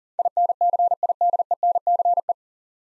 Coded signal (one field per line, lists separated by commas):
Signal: Morse code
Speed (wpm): 39 wpm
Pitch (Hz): 700 Hz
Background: none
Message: INCIDENCE